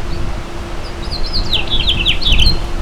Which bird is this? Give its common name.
House Finch